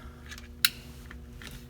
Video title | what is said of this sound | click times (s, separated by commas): Ford F150 Steering Wheel Removal 97-03 | you want to listen for that click alright | 0.6 s